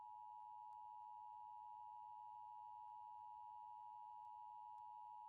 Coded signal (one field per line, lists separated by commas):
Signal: Emergency Alert System (SAME) tones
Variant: 853 and 960 Hz attention tone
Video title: California Severe Weather Outbreak An EAS Scenario Part One Initial round of storms